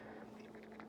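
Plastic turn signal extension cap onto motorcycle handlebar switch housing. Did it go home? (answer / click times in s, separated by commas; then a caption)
yes / 0.8 s. A plastic turn signal extension cap is pushed down over the switch on a motorcycle handlebar control housing. After faint handling sounds, its second side snaps on with a sharp click at 0.8 s, and the cap is seated.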